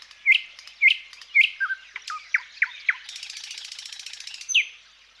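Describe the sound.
Thrush nightingale song: three loud sharp notes, a series of descending chops, then a dry rapid rattle and a final whistle.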